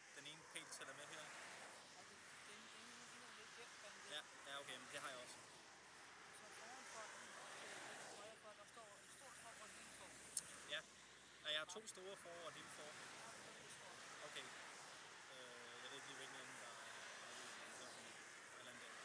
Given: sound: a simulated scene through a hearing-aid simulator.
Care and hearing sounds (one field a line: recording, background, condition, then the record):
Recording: conversation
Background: traffic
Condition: -4 dB SNR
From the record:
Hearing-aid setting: standard clinical setting (NAL)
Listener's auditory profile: D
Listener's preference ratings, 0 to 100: 30, 18, 21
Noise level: 75 dB SPL